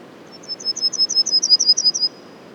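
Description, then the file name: Yellowhammer delivering a rapid series of thin, high, evenly spaced notes, without the drawn-out ending. Les Alisiers, 21 July 2020; several yellowhammers. "200721-11-bruants-jaunes-Les-Alisiers"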